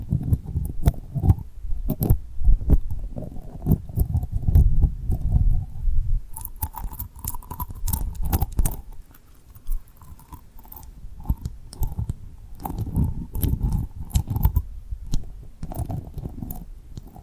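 Tapping and rubbing on a rhinestone surface, with dense, quick clicks and scratchy brushing throughout. The first six seconds carry a heavier, thumping low rubbing; after that the sound turns lighter and crisper, with bursts of rapid tapping and a faint gritty, crunching texture.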